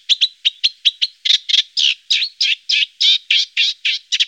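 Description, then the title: Eurasian reed warbler song: a steady run of short chattering notes, about three or four each second, with a few whistled slurs among the harsher units. Songbird from Germany, Austria, Switzerland. "Teichrohrsänger"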